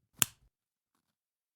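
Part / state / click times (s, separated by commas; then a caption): magnetic closing flap onto card wallet body / seated / 0.2 s. A magnetic flap on a non-leather card wallet, held close to the microphone, is closed over the top of the wallet body so the cards don't fall out. It shuts with one sharp, bright snap at 0.2 s, followed by a faint softer tap just after. The flap is seated and held shut by its magnet.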